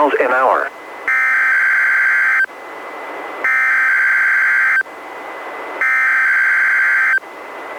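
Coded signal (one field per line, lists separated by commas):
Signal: Emergency Alert System (SAME) tones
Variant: header bursts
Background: speech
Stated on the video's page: Required weekly test relayed by a NOAA Weather Radio station, recorded from a Midland WR-120EZ's external alert jack into a Zoom H1 recorder.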